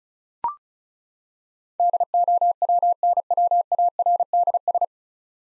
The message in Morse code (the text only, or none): DOWNWARDS